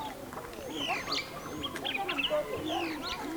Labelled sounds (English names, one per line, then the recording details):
Superb Starling flight call
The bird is a male
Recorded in Kenya on 8 April 2009 at 08:34
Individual 61, of group MRCV